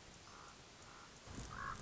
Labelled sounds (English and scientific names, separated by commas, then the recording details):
Common Raven (Corvus corax)
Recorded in Sonoma County, California